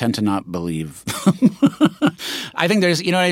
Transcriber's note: laughter